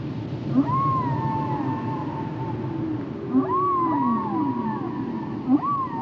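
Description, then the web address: Whale song: arching, wavering moans that rise and then slowly fall, heard in three groups, each starting with a short squeaky note. "Natures Songs Whale Songs Whales and Dolphins - whale nature sounds songs"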